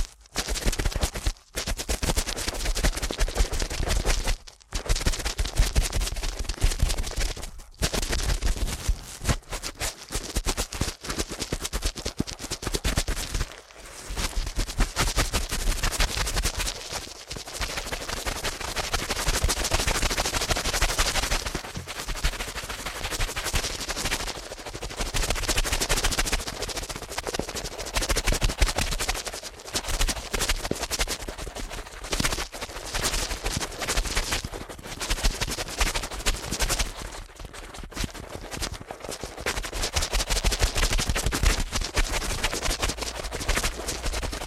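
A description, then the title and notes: Ear cleaning at a frantic pace: a dense, rapid scratching and crackling that runs almost without a break, rattling like fast bursts of fire. Brief silent gaps cut in near 1, 5, 14 and 37 seconds, and the level swells and dips slightly throughout. ASMR Ear Cleaning at Helicopter Speed.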